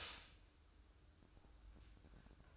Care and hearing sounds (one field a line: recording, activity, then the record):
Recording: daily activity, microphone in the room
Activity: stop toaster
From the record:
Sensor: 2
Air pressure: 1007.1 hPa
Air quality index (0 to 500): 37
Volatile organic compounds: 1 ppm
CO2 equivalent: 533 ppm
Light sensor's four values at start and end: 6/14/6/6 and 6/14/6/6